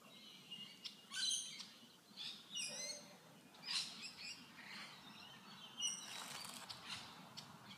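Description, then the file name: Bird chirps and twitters, high and sharp, coming in uneven bursts with quieter gaps, over a steady low rumble. "Tweets"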